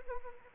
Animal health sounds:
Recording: mosquito wingbeat signal from an infrared sensor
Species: Anopheles arabiensis

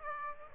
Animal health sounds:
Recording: mosquito wingbeat signal from an infrared sensor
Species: Aedes aegypti

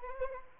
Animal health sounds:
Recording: mosquito wingbeat signal from an infrared sensor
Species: Anopheles arabiensis

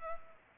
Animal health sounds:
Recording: mosquito wingbeat signal from an infrared sensor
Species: Culex pipiens

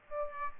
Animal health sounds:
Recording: mosquito wingbeat signal from an infrared sensor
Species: Aedes aegypti

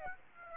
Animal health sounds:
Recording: mosquito wingbeat signal from an infrared sensor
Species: Aedes aegypti

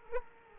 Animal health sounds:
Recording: mosquito wingbeat signal from an infrared sensor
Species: Culex quinquefasciatus

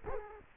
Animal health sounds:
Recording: mosquito wingbeat signal from an infrared sensor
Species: Culex quinquefasciatus

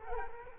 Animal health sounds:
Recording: mosquito wingbeat signal from an infrared sensor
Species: Culex quinquefasciatus

